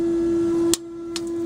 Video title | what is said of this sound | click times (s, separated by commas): Captain's Blog 3-19-12 Head Torque, International Crimefighting, and GH5 Demolition | that that little click means that you're there | 0.7 s